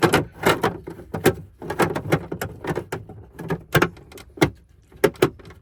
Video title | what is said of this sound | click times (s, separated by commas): Replace Cabin Air Filter on 2007-2022 Tundra for under $15 #toyota #tundra | push it down it locks into place | 5.2 s